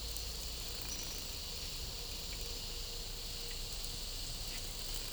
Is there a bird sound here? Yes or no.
no